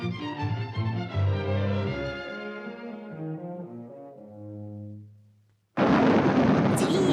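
In a Looney Tunes cartoon, a sustained, stepping musical passage fades to silence, then a sudden loud crack of thunder from a storm on the road 12 kilometres from Dublin bursts in with a broad, roaring rumble for the final second or so.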